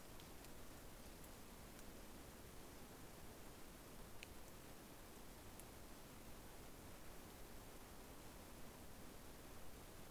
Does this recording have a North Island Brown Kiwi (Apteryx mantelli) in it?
no